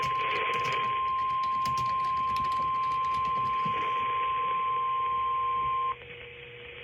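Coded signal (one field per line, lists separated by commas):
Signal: Emergency Alert System (SAME) tones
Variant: 1050 Hz attention tone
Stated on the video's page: Required Weekly Test issued by the Twin Cities weather service.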